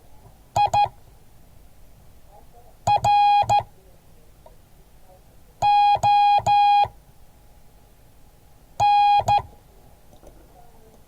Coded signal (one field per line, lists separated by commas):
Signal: Morse code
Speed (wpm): 14 wpm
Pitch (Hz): 3300 Hz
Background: none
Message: IRON